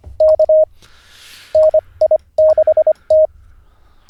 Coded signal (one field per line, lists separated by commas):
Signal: Morse code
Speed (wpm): 25 wpm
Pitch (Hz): 620 Hz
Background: none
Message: K NI6T